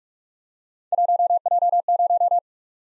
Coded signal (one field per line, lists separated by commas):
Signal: Morse code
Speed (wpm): 45 wpm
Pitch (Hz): 700 Hz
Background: none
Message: 1J0